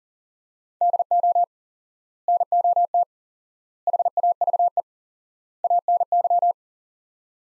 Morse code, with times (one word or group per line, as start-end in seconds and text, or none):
0.8-1.4 DO
2.3-3.0 NOT
3.9-4.8 HAVE
5.6-6.5 ANY